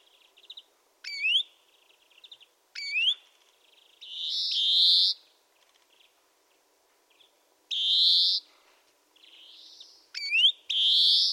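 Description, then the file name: European greenfinch alternating soft trilled notes and rising whistled calls with drawn-out harsh buzzy wheezes, about every few seconds, with quiet gaps between. "Chloris chloris"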